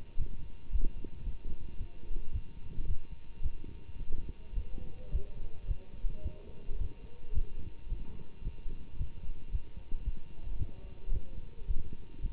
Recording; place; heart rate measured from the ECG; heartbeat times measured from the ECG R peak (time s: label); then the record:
heart sounds by stethoscope; between the tricuspid and mitral areas; 110 bpm
0.17 s: heartbeat
0.71 s: heartbeat
1.24 s: heartbeat
1.77 s: heartbeat
2.31 s: heartbeat
2.86 s: heartbeat
3.42 s: heartbeat
3.98 s: heartbeat
4.55 s: heartbeat
5.11 s: heartbeat
5.67 s: heartbeat
6.23 s: heartbeat
6.78 s: heartbeat
7.33 s: heartbeat
7.89 s: heartbeat
8.43 s: heartbeat
8.97 s: heartbeat
9.51 s: heartbeat
10.04 s: heartbeat
10.58 s: heartbeat
11.12 s: heartbeat
11.67 s: heartbeat
12.21 s: heartbeat
From the record:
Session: Bruce protocol treadmill stress test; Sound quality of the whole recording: good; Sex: male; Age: 24 years